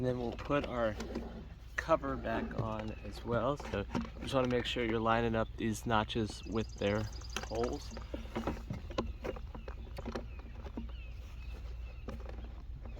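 Someone talks while the plastic engine cover of a Honda HRN 216 lawn mower is put back onto the engine after a fuel tank replacement, with its notches being lined up with their holes before it is pressed down. Light handling taps and a few sharp knocks are heard under the talking, over steady background noise. The cover has not clipped or seated by the end of the clip.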